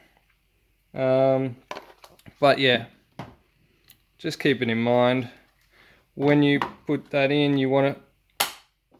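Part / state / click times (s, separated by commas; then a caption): magazine into gel blaster mag well / seated / 8.4 s. Someone talks while a magazine is pushed into the mag well of an Alpha King gel blaster fitted with a wood kit. At 8.4 s a sharp, loud latch click rings out as the magazine clicks solidly home and seats.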